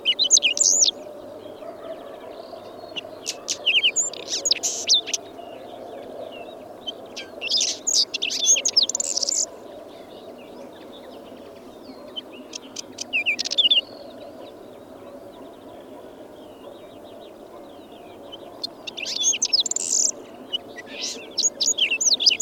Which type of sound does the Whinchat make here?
song